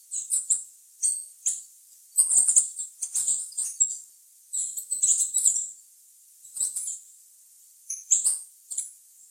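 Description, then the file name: Green-and-gold tanager giving thin, needle-like high twitters, delivered in quick clusters with brief gaps, over a quiet background. "canto da saira ouro"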